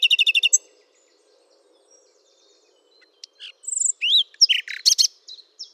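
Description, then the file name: Common nightingale song: a fast burst of repeated sharp notes, a pause, then varied whistles, rising slurs and chattering phrases. "Luscinia megarhynchos"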